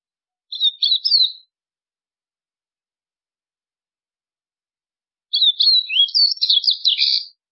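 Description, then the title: White-throated seedeater song: a short twittering burst, a pause of several seconds, then a longer, busier phrase of rapid high chirps and slurred whistles. "Canto Do Golinha"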